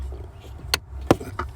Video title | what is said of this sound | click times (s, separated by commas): Cabin air filter Tacoma 3rd gen change. | Click. Good. So it's safe. It's there. | 0.7 s, 1.1 s